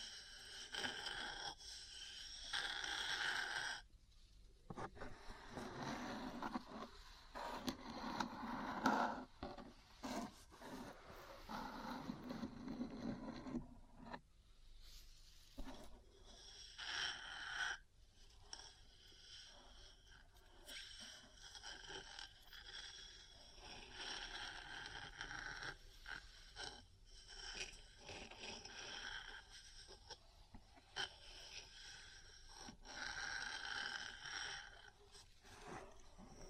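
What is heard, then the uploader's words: Metal parts are scraped and scratched in dense bursts, with gritty rasping runs broken by sharp taps and brief pauses near 4 and 15 seconds. The sound is bright and busy throughout, swelling and thinning irregularly rather than keeping a steady rhythm. ASMR 3Dio Metal Parts Tapping & Scratching for Sleep and Relaxation (No Talking).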